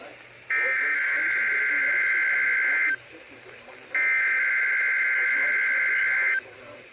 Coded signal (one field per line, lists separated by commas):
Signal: Emergency Alert System (SAME) tones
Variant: header bursts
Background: speech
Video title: Required Weekly Test Madness!! Alerts on KIG86, WWG57, KJY68, and WXJ46 (EAS 24 to 27)